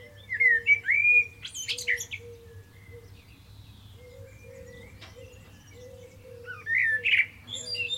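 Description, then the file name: Common blackbird singing fluty warbled phrases with high scratchy endings, while a low hooting sound repeats steadily in the background. "Turdus merula"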